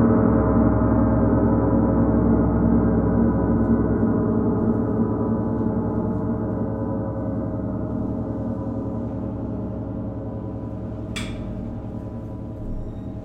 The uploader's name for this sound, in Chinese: 銅鑼練習Gong